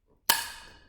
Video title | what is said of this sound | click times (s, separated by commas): Hand Tools | and you'll hear that click once again | 0.3 s